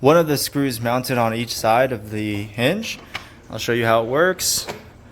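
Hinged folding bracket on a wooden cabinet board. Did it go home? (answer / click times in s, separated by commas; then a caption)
no / none. A hinged folding bracket on a wooden cabinet board is handled, with a second board mounted on hinges and held by one screw on each side of the hinge. Someone talks throughout, with faint handling noise between phrases. The bracket has not locked into place yet, and nothing has seated or clicked by the end of the clip.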